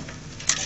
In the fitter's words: snap into place there at the back um